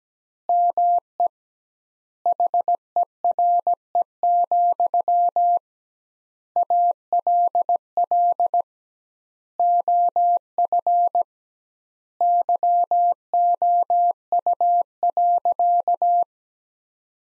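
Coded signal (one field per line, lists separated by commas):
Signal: Morse code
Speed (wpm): 17 wpm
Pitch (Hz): 700 Hz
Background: none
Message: ME HERE, ALL OF YOU.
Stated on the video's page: Morse practice of sentences from the top 500 words at 17 wpm, sent with twice standard word spacing, a word-based analogue of Farnsworth spacing.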